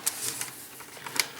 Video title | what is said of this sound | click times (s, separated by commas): Zblex French Reviews : Mechanical Team Combined | Là c'est pareil, c'est bien verrouillé. | 0.1 s, 1.2 s